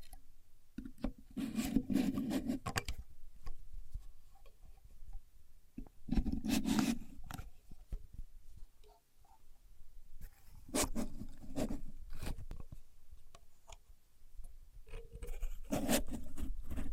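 Someone handles a contour gauge, its pins clicking and rattling in short dense bursts at about 2, 6–7, 11–12 and 16 seconds. Between bursts come scattered light taps and ticks over a low steady hum, with no talking.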